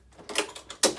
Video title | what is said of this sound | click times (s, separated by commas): How to open an ATTO Mobility Scooter | So use your knee if you have to. You hear a click, | 0.8 s